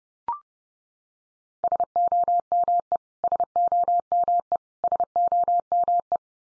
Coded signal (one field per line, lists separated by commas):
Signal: Morse code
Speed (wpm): 30 wpm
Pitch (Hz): 700 Hz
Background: none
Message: SOME SOME SOME